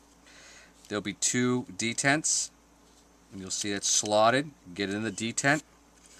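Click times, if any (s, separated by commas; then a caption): none. The metal hammer box (fire control unit) of a Sig Pro pistol is handled and slotted into the two detents on the polymer frame while someone talks, with only a faint tick near 6.1 s. The unit has not been pushed down and has not seated or locked into place yet.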